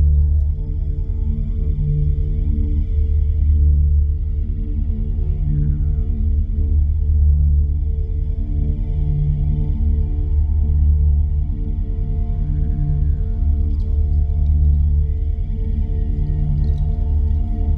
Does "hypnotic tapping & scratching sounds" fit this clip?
no